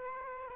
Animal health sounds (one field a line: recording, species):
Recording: mosquito wingbeat signal from an infrared sensor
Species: Aedes aegypti